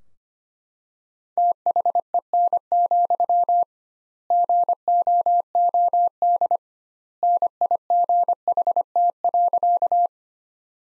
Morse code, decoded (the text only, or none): THEN, GOOD NIGHT.